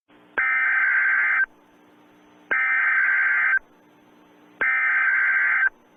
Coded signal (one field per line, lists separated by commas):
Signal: Emergency Alert System (SAME) tones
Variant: header bursts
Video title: IT (pennywise) EAS mini scenario- Terror in Dairy Maine